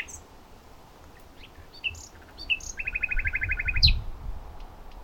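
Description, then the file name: Common nightingale song phrases: scattered chirps, then a quick even rattle of repeated notes, against steady low background noise. "Luscinia megarhynchos"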